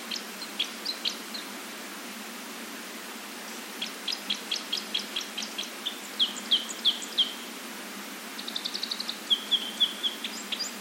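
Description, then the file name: Red crossbill calls: repeated high, dry chip notes in uneven groups with a brief fast trill of notes near the end. "isuka"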